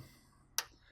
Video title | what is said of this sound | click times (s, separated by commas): 2006-2017 Toyota Tundra Front Strut Replacement | you'll hear it click in | 0.6 s